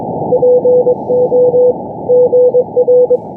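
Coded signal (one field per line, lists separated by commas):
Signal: Morse code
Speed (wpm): 22 wpm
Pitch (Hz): 500 Hz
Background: none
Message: PO GR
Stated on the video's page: Israel Navy coast station CW on 4331 kHz shortwave.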